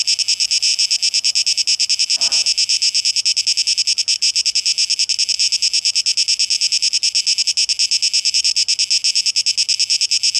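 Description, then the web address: Cicada buzzing in a high, rapidly throbbing hiss; a brief dull thump sounds early on. Recorded 12 August 2023; tape echo mix. "rauschpartikel 2023-08-12 Zikaden"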